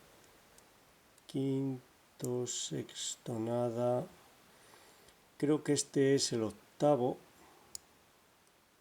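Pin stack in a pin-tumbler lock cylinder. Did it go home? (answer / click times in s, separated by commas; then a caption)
yes / 7.8 s. A pick lifts a pin stack in a 9-pin, 4-slider Yale Superior pin-tumbler lock cylinder under light tension while someone talks. The pin sets at the shear line with a single sharp, faint click at 7.8 seconds.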